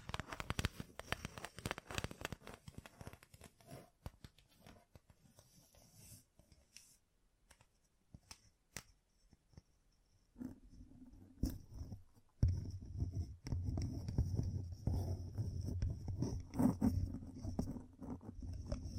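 Gem-covered fingertips tap and scratch in quick, dense bursts, thinning out midway, then a steadier low rubbing scratch fills the last seven seconds.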